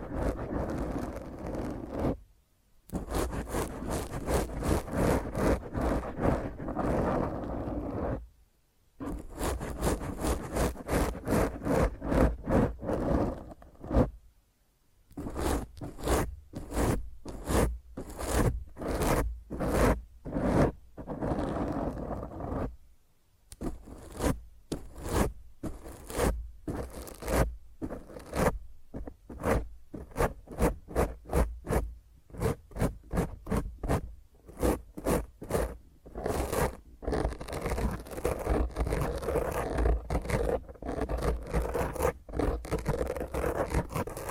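Fingernails scratch roughly across a microphone in dense, rapid strokes, rasping like a zipper being pulled. The scratching runs almost continuously, broken by brief silences near 2, 8, 14 and 23 seconds, then turns choppier and more rhythmic in the second half.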